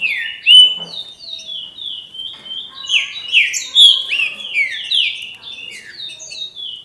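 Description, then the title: Green-winged saltator singing rapid, varied whistled phrases, many notes dropping in pitch, delivered almost without a break. "Trinca Ferro"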